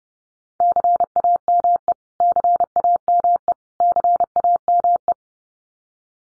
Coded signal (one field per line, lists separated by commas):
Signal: Morse code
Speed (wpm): 30 wpm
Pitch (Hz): 700 Hz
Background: none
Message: CAME CAME CAME